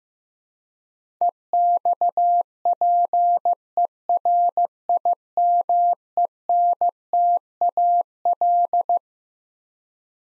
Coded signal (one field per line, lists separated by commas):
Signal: Morse code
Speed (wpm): 16 wpm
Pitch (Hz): 700 Hz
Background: none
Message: EXPERIMENTAL